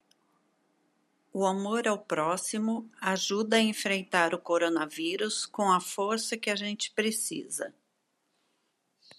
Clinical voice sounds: spoken sentence; Brazilian Portuguese; female; 60 to 69 years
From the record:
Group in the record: control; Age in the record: 62 years

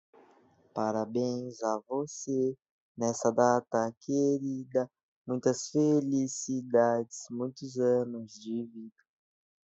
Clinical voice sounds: short text; Brazilian Portuguese; male; 18 to 19 years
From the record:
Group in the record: control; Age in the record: 18 years

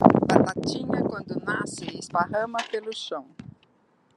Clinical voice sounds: short text; Brazilian Portuguese; female; 60 to 69 years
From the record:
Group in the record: control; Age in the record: 64 years

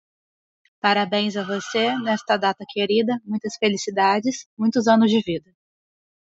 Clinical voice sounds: short text; Brazilian Portuguese; female; 20 to 29 years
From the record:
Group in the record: control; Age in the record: 27 years

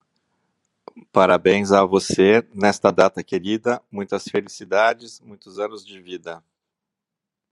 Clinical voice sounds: short text; Brazilian Portuguese; male; 50 to 59 years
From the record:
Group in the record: control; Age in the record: 58 years

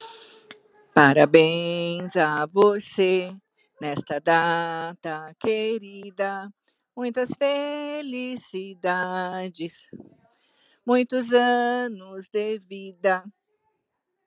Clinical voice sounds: short text; Brazilian Portuguese; female; 50 to 59 years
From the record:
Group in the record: control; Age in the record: 56 years

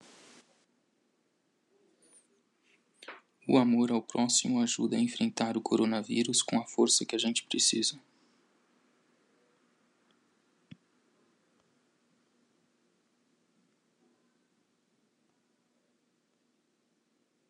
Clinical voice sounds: spoken sentence; Brazilian Portuguese; male; 30 to 39 years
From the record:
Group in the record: control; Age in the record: 37 years

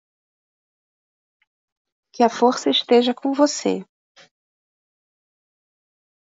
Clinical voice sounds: spoken sentence; Brazilian Portuguese; female; 40 to 49 years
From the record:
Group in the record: control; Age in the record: 49 years

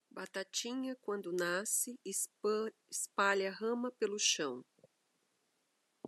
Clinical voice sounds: short text; Brazilian Portuguese; female; 40 to 49 years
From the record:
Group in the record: control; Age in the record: 47 years

